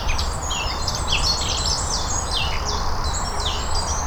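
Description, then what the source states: Bird song in a dense chorus, rapid chirps and trilled phrases from several birds overlapping continuously above a constant low background rumble. Birdsong on Cadbury Hill.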